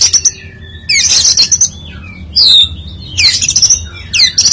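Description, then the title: Oriental magpie-robin song: loud sweeping whistles and buzzy bursts, some notes sliding downward, separated by short gaps over low background rumble. "Kacer"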